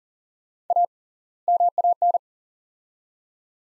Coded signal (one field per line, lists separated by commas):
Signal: Morse code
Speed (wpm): 40 wpm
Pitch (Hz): 700 Hz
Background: none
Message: A MAN